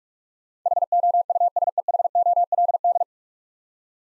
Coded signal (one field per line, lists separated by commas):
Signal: Morse code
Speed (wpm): 46 wpm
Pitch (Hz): 700 Hz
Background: none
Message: HOUSEHOLD